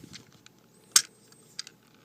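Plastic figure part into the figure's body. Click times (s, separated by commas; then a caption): 1.0 s. A plastic part of a transforming robot figure is pushed up into the figure's body with a little force. After some faint plastic handling noises, a loud sharp snap at 0.96 s marks the part seating in place, followed by a couple of quieter clicks near 1.6 s.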